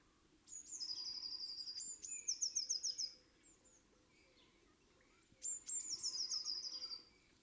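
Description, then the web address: Eurasian blue tit song: a long phrase of high piercing notes and quick trills, a pause, then a second, shorter phrase. "SETE data Cyanistes caeruleus"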